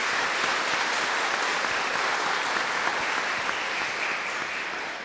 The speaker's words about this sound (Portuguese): Vamos dar então aos sacerdotes e ao diácono uma bonita salva de palmas, nossa acolhida fraterna.